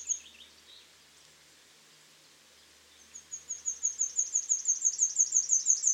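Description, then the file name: Great tit calling: a few scattered high notes at first, then after a pause a long, even, rapid string of sharp, very high notes, growing louder. "Parus major"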